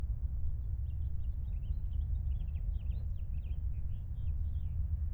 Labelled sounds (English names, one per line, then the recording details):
House Finch song
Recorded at Wantagh on Long Island, New York, on 21 May 1975
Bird C